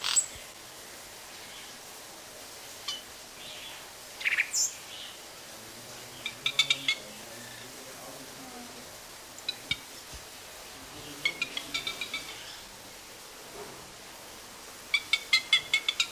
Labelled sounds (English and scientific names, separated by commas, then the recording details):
Yellow-rumped Cacique (Cacicus cela) call
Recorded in captivity
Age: adult
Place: Zoo Berlin, Berlin, DE
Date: 1997-11-15 11:48
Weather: overcast, light rain shower, 5°C
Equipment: Nagra SN, Kopie Uher 4000 Report Monitor
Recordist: Tembrock, Günter